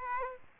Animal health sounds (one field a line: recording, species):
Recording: mosquito wingbeat signal from an infrared sensor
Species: Aedes aegypti